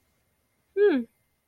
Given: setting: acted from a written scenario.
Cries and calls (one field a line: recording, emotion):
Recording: vocal sound without words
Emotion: interest